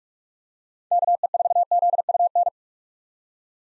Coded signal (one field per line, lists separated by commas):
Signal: Morse code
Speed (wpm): 43 wpm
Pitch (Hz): 700 Hz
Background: none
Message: KE4ZUN